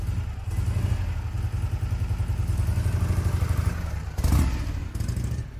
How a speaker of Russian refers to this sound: Он сел в мотоцикл и уехал.